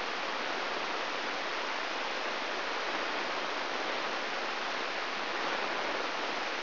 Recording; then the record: brain microelectrode recording played as sound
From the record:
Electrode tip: inside the subthalamic nucleus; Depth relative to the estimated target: 1 mm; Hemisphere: left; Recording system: AlphaMap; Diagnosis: Parkinson's disease